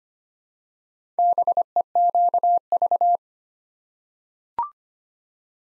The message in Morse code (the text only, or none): BEQV